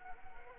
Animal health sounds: mosquito wingbeat signal from an infrared sensor; Anopheles arabiensis

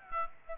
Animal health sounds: mosquito wingbeat signal from an infrared sensor; Aedes aegypti

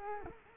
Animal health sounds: mosquito wingbeat signal from an infrared sensor; Culex quinquefasciatus

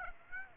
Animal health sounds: mosquito wingbeat signal from an infrared sensor; Aedes aegypti

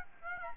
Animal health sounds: mosquito wingbeat signal from an infrared sensor; Aedes aegypti

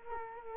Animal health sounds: mosquito wingbeat signal from an infrared sensor; Culex quinquefasciatus

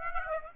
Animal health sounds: mosquito wingbeat signal from an infrared sensor; Aedes aegypti

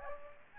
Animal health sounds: mosquito wingbeat signal from an infrared sensor; Aedes aegypti

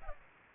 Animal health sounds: mosquito wingbeat signal from an infrared sensor; Culex pipiens

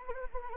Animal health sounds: mosquito wingbeat signal from an infrared sensor; Anopheles arabiensis

